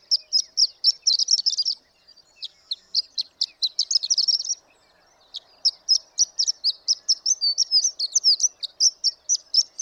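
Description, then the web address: Horned lark song: rapid high tinkling notes in quick runs, pausing briefly twice before resuming, with little else heard. "birdsongforthecurious Horned Lark"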